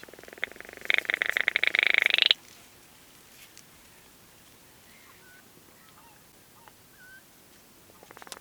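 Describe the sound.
Baillon's crake song: a dry, frog-like rattle of rapid clicks lasting about a second and a half, then near silence with faint scattered chirps.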